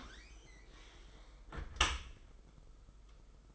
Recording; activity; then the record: daily activity, microphone in the room; close dishwasher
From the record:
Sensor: 5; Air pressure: 991.4 hPa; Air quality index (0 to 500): 110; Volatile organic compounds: 27 ppm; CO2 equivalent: 2888 ppm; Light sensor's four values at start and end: 39/124/47/50 and 38/122/46/49